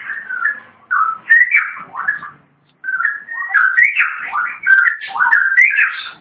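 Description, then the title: Long-tailed shrike song: varied whistled and slurred phrases, rising and falling, in bursts separated by a brief pause. "Kicau Burung Pentet"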